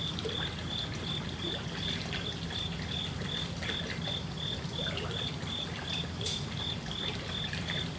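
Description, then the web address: Cricket chirping: a steady string of short, high, even pulses about three per second over constant background noise. Night time in Kyoto, Japan; crickets beside water trickling from a pond or water feature, distant traffic noise. "Lynne Music. Water Trickle Crickets Night Kyoto Japan"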